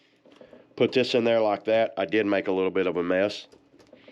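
A plastic blender cup is being handled and placed onto its motor base, with light tapping and handling sounds at the start and end while someone talks through the middle of the clip. The cup has not yet been twisted and locked, so nothing has seated or clicked yet.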